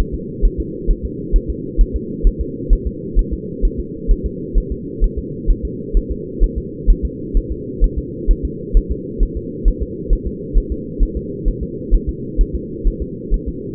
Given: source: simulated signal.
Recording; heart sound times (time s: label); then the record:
fetal heart sounds
0.14 s: S2
0.45 s: S1
0.60 s: S2
0.91 s: S1
1.05 s: S2
1.36 s: S1
1.50 s: S2
1.81 s: S1
1.96 s: S2
2.27 s: S1
2.41 s: S2
2.73 s: S1
2.87 s: S2
3.19 s: S1
3.33 s: S2
3.65 s: S1
3.79 s: S2
4.11 s: S1
4.26 s: S2
4.58 s: S1
4.72 s: S2
5.04 s: S1
5.19 s: S2
5.50 s: S1
5.65 s: S2
5.97 s: S1
6.11 s: S2
6.44 s: S1
6.58 s: S2
6.90 s: S1
7.05 s: S2
7.37 s: S1
7.51 s: S2
7.84 s: S1
7.98 s: S2
8.31 s: S1
8.45 s: S2
8.77 s: S1
8.91 s: S2
9.23 s: S1
9.37 s: S2
9.68 s: S1
9.82 s: S2
10.13 s: S1
10.27 s: S2
10.58 s: S1
10.72 s: S2
11.03 s: S1
11.17 s: S2
11.48 s: S1
11.63 s: S2
11.94 s: S1
12.09 s: S2
12.41 s: S1
12.55 s: S2
12.87 s: S1
13.02 s: S2
13.34 s: S1
13.48 s: S2
From the record:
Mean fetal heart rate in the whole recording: 130 bpm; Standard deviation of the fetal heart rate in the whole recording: 2 bpm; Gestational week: 38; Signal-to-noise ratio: -4.1 dB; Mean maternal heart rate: no maternal heart sound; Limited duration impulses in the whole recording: absent